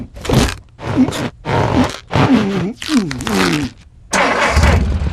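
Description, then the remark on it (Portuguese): A voice imitates the engine and clunky manual-transmission gear changes of a valuable antique car in rough, buzzy bursts whose pitch rises and falls, about six loud spurts separated by short pauses. “Um valioso carro antigo! Isso é o achado de uma vida toda! Oh, câmbio manual.”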